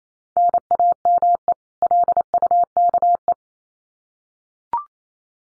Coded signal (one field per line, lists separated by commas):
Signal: Morse code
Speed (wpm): 28 wpm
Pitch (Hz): 700 Hz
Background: none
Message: NAME LUKE